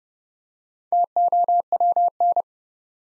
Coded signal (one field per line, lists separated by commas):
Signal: Morse code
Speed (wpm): 31 wpm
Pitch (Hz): 700 Hz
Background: none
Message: TOWN